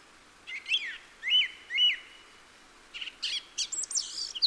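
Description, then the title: Song thrush song: three similar clear phrases, then a run of sharp, varied notes. Recorded in the Peak District during lockdown; described as the longest unbroken song ever heard from a thrush. "Thrush and wren, Peak District"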